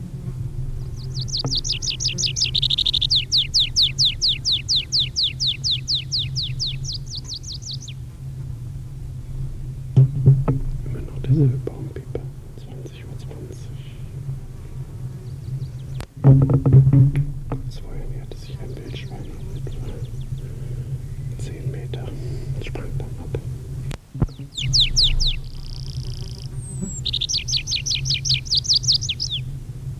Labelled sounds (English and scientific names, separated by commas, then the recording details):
Tree Pipit (Anthus trivialis) song
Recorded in the wild
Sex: male
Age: adult
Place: Feldberg - Koldenhof, Mecklenburgische Seenplatte, Mecklenburg, DE
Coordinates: 53.3333, 13.3167
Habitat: mixed forest
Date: 1976-06-30 20:20
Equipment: Uher CR 210, Sennheiser MD 421 HL, Verstärker, Reflektor, Kopie Uher 4200
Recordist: Tembrock, Günter